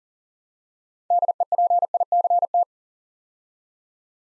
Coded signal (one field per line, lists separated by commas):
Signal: Morse code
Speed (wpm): 38 wpm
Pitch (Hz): 700 Hz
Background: none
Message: DEPICT